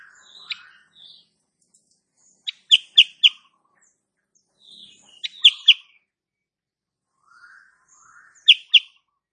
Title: Masteran Kutilang Sutra. Kutilang SUTRA BETINA GACOR nembak RAPAT